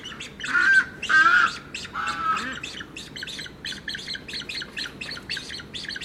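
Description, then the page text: Australian white ibis giving three rough, strained squawks in quick succession early on, then other birds keep up a steady, rapid high chirping. Young and mature birds, nesting, South Australia. "Birds Ibis Australian White Young Mature Nesting. Birds from South Australia"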